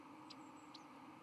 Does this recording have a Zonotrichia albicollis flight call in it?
no